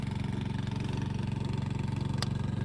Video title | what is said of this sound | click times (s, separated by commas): A CVT Flush in the Middle of Winter | And then once you hear a click | 2.2 s